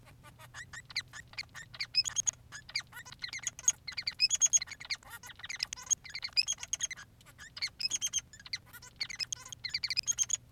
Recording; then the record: song of a male Bengalese finch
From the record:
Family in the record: son of father 3